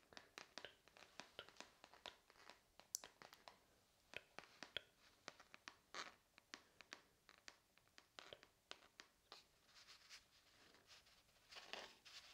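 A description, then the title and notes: Tapping and scratching in quick, irregular bursts, sharp crisp clicks and brief scrapes, with a longer rough scratch near the end. ASMR Tapping and Scratching for Tingles.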